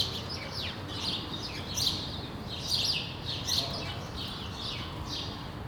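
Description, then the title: Sparrow chirping in scattered clusters over low background noise. Sparrows on Rue de l'épargne, Brussels, Belgium, recorded for World Sparrow Day with Lom mikroUši AB microphones into a Deity PR-2 recorder. "Rue de l'épargne, Bruxelles, Bruxelles-Capitale, Belgique - World Sparrow Day"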